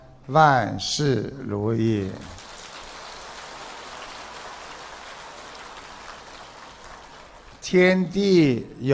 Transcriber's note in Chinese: 掌声